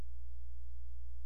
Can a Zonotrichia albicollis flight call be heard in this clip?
no